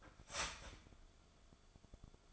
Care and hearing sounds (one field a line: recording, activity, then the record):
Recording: daily activity, microphone in the room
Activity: start toaster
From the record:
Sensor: 5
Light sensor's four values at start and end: 16/37/14/13 and 16/37/14/13